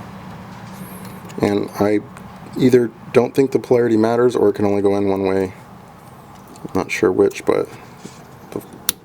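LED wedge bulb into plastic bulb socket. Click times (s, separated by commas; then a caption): 8.9 s. Someone talks while a 168-style LED wedge bulb is pushed into the plastic bulb socket of a license plate or C-light housing on a 2015+ WRX. At 8.9 s a sharp snap is heard as the bulb seats, snapping right in, which suggests it only fits one way.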